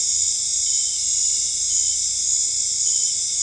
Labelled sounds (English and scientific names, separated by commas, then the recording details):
none
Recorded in dense forest near Puerto Asís, Putumayo, Colombia, on 26 December 2024 at 19:00
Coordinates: 0.485, -76.318
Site GP03